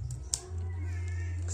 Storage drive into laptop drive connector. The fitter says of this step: Sampai bunyi klik. Nah, ini dia. Ini sudah terpasang dengan benar.